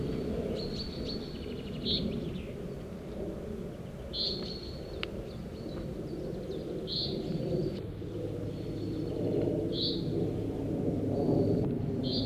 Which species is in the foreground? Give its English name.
Common Chaffinch